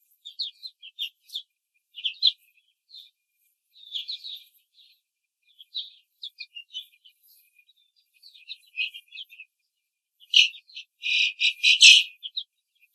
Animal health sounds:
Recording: young laying hens in a cage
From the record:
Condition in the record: control cage, before the stress test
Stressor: none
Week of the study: 4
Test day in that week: 1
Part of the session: 3

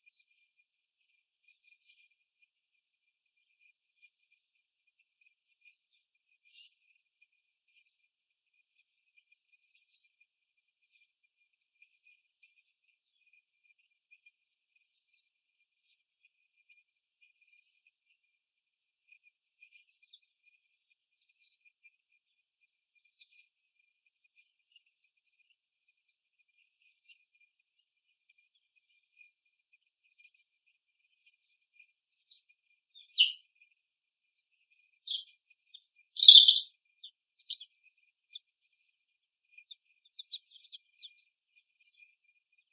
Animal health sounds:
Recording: young laying hens in a cage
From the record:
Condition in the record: after the stressor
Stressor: simulated dog barking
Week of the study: 1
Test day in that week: 1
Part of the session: 1

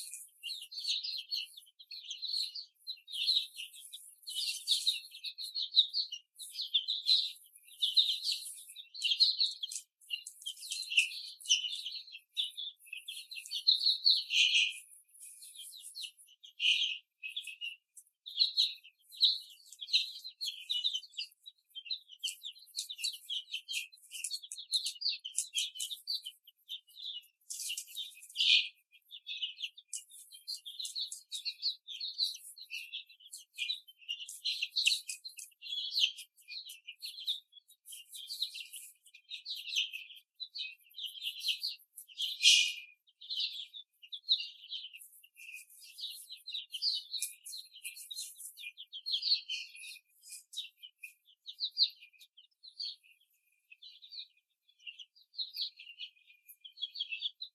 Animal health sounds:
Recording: young laying hens in a cage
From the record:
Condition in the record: before the stressor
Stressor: simulated dog barking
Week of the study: 3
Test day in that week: 1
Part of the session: 3

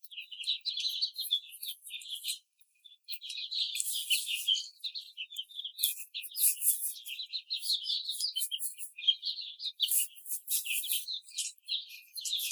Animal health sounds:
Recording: young laying hens in a cage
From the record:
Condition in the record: treatment cage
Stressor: simulated dog barking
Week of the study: 5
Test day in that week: 1

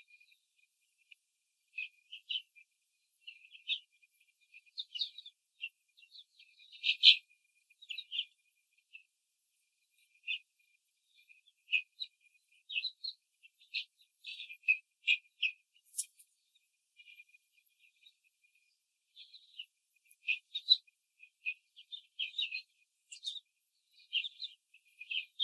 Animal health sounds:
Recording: young laying hens in a cage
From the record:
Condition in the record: control cage, after the stress test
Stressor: none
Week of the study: 4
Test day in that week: 3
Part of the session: 2

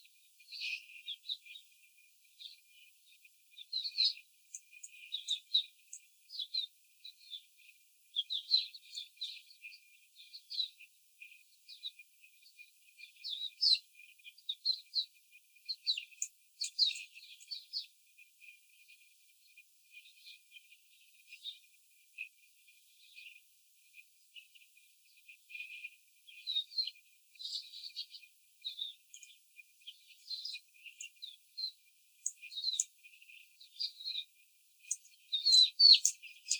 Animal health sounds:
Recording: young laying hens in a cage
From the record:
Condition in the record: after the stressor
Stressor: simulated dog barking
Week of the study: 4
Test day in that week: 2

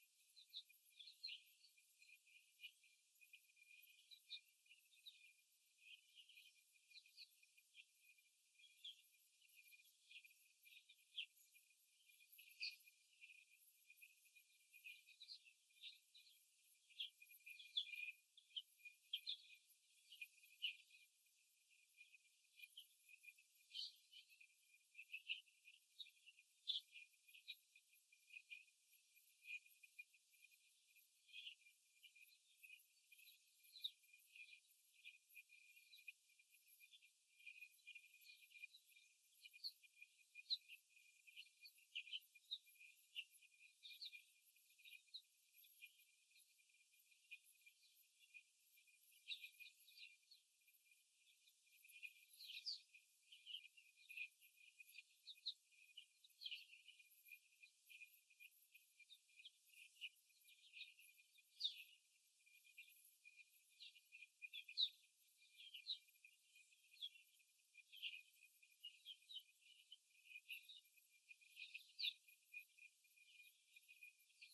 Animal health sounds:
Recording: young laying hens in a cage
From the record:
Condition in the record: after the stressor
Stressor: simulated dog barking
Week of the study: 3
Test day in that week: 2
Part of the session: 4

